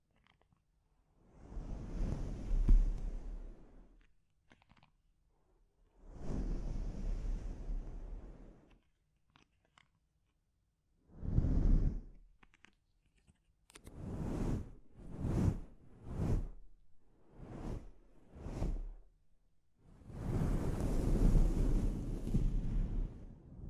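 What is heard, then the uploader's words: A scalp treatment: bursts of rough, hissing rubbing sound separated by silences. Two long strokes open, then a short one, then a quick run of five or six brief bursts near the middle, and a longer continuous stretch to finish, each with a low rumble underneath. ASMR Sleep Inducing Scalp Treatment (No Talking).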